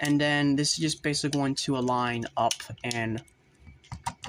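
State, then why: Seated. Someone talks while lining up the plastic backpack panel of a Transformers Rise of the Beasts Mainline Deluxe Class Mirage figure on its back peg slot and pushing it home. After a faint tick, a sharp click at 4.2 s marks the backpack seating cleanly in place.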